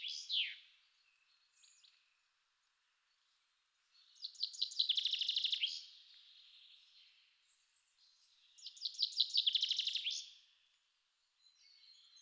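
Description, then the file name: Common chaffinch song, two rattling trills ending in flourishes, with softer scattered bird notes and faint high calls between and around them. "vink"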